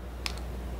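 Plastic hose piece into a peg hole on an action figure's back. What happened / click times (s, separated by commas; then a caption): The plastic peg snapped into its socket / 0.3 s. A plastic hose piece is pushed into the peg hole on the back of an X-Men Marvel Legends 6" Apocalypse build-a-figure. A single sharp tick at 0.3 s is followed by a fainter tick at 0.4 s over a low steady hum. The hose piece seats in the back socket.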